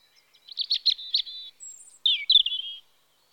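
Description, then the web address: European robin song: a short phrase of thin, high warbled notes, a brief very high whistle, then a second liquid warbled phrase, clean and without background sounds. Recorded in spring. "The BBC Sound Effects Library. Robin (Erithacus Rubecula) Spring"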